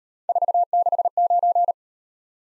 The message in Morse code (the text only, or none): 469